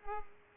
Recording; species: mosquito wingbeat signal from an infrared sensor; Culex pipiens